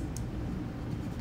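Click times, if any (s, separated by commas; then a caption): 0.2 s. An SD card is pushed into the push-click socket of an SD card extender board, a board joined by a thin flex cable to an SD-card-shaped adapter. One short, sharp click is heard at 0.2 s over a steady low background hum, and the card seats in the socket.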